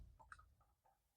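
A freshly stripped ground wire is pushed into an outlet's terminal, and a sharp, short click rings out at 0.3 s. A faint second tick follows just after, and then only quiet low rumble remains. The ground wire is seated in the terminal.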